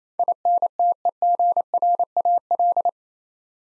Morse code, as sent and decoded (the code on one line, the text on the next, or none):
.. -. - . --. .-. .- .-..
INTEGRAL